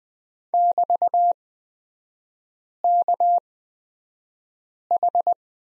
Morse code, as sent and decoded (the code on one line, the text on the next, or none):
-...- -.- ....
<BT>KH